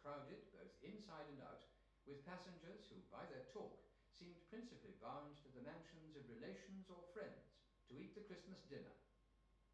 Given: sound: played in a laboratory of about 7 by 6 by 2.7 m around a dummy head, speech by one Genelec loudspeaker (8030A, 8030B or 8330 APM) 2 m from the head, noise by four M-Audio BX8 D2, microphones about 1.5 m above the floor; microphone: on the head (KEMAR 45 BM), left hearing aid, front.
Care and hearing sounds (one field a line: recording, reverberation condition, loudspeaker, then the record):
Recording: male speech in English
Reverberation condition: medium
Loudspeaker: 90 degrees to the right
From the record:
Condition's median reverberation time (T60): about 510 ms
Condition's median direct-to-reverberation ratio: about -0.5 dB